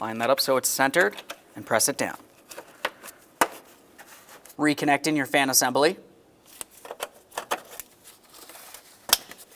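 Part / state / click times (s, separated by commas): cooling fan assembly wiring connector into vehicle harness plug / seated / 9.1 s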